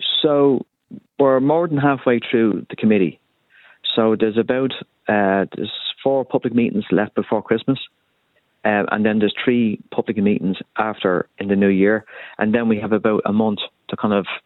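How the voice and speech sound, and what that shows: A single adult male, an Irish TD for Dublin Mid West, speaks fluently at a low pitch in a relaxed conversational rhythm in a radio interview, with brief pauses and filler sounds like "uh". Articulation and voice quality are ordinary. The sound is narrow and slightly muffled, like a phone or radio line.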